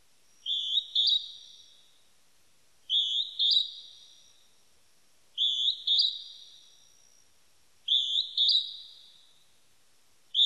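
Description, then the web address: Northern hawk-cuckoo giving loud, high two-note phrases that climb in pitch, four full phrases spaced about two and a half seconds apart, with another just starting. Recorded 23 May 1998; labelled with the Japanese name jūichi. "1998 980523 jyuuiti"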